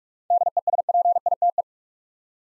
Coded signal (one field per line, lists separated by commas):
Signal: Morse code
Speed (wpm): 43 wpm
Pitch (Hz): 700 Hz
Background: none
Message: DESPITE